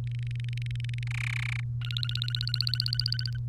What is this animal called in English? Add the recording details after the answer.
Domestic Canary. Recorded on 3 May 2018 at 06:23. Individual llb3